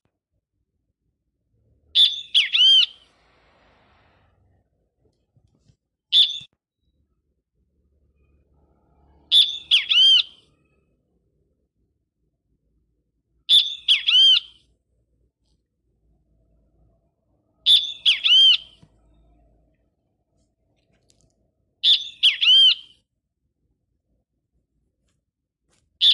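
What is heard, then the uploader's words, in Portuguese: A bird sings a short, bright phrase of looping whistled notes, repeating it about every four seconds with near silence between. The calls sound clear, with only faint low thumps in the background. Pássaro preto e bem-te-vi.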